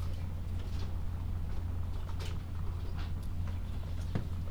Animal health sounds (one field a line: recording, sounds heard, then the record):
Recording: poultry house recording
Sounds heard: sick chickens (respiratory disease)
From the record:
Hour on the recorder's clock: 13